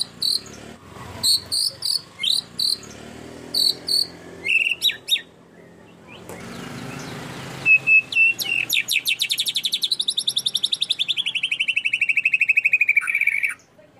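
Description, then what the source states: Canary singing varied whistled notes and chirps, then breaking into a long, very rapid trill that slowly falls in pitch before stopping. Long-duration canary song, used as a complete bird master (tutor) song.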